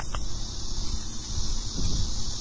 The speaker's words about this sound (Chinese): 虽然已经立秋一段时间了，但是依然可以听到这个秋蝉鸣的声音啊，声音还是很响亮的。